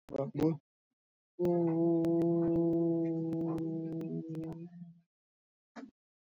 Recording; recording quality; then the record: sustained vowel as in boot; moderate, slight background noise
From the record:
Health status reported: healthy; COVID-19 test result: negative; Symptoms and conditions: none ticked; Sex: female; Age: 53 years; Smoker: not ticked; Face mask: worn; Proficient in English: yes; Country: India